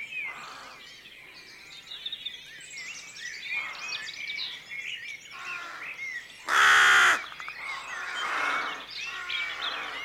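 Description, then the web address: Rooks calling in a chorus of harsh, overlapping caws, with one loud close caw burst midway and other birds chirping behind. Rookery at dawn, with jackdaws also calling. "rookery at dawn also calls from jackdaw. BBC Atmospheres Dawn"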